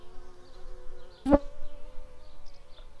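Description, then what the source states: Shrill carder bee buzzing: a steady, droning hum with a clear tone, broken midway by a sharp click, over faint background noise. Workers.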